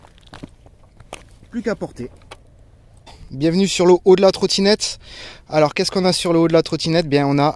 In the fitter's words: Voilà, là on entend un clic, plus qu'à porter.